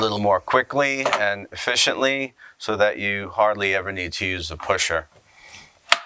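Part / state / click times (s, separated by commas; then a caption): cover on a juice extractor base / seated / 5.9 s. Someone talks while a cover is fitted onto a juice extractor base and turned home. A sharp click at 5.9 s marks the cover locking into place.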